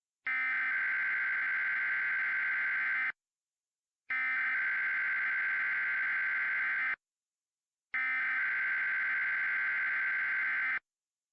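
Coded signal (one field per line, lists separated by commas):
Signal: Emergency Alert System (SAME) tones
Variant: header bursts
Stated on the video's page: Fictional Lake Michigan tsunami scenario using valid EAS tones.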